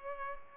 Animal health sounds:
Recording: mosquito wingbeat signal from an infrared sensor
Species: Culex pipiens

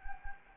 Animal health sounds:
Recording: mosquito wingbeat signal from an infrared sensor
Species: Anopheles gambiae

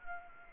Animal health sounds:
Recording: mosquito wingbeat signal from an infrared sensor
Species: Anopheles arabiensis

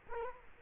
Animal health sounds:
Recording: mosquito wingbeat signal from an infrared sensor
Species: Culex quinquefasciatus

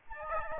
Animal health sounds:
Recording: mosquito wingbeat signal from an infrared sensor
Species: Aedes albopictus

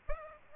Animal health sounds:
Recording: mosquito wingbeat signal from an infrared sensor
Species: Aedes aegypti

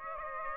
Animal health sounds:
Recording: mosquito wingbeat signal from an infrared sensor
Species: Aedes aegypti

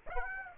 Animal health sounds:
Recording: mosquito wingbeat signal from an infrared sensor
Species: Aedes aegypti

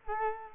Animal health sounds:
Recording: mosquito wingbeat signal from an infrared sensor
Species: Culex quinquefasciatus

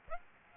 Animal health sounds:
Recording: mosquito wingbeat signal from an infrared sensor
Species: Aedes aegypti

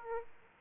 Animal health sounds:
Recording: mosquito wingbeat signal from an infrared sensor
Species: Aedes aegypti

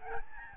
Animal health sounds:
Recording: mosquito wingbeat signal from an infrared sensor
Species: Aedes albopictus

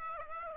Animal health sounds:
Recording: mosquito wingbeat signal from an infrared sensor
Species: Aedes aegypti

